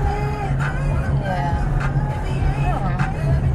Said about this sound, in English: Man, that's the bus going. If we go to the front, I can catch it, and then you come back home.